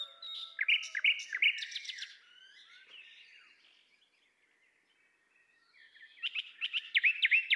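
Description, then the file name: Common nightingale song: bursts of rich chirps and rattles at the start, a quiet pause, then a burst of repeated notes near the end. "Luscinia megarhynchos"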